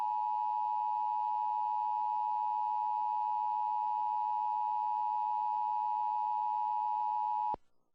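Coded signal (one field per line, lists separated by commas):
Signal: Emergency Alert System (SAME) tones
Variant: 853 and 960 Hz attention tone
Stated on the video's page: Self-made severe thunderstorm warning.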